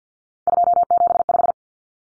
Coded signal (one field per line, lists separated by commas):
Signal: Morse code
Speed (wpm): 50 wpm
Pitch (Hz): 700 Hz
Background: none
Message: 275